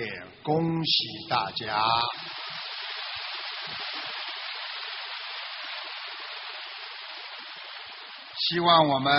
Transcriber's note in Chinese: 掌声